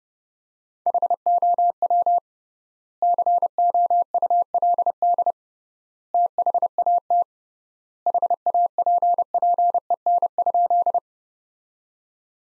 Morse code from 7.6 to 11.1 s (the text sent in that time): HAPPEN?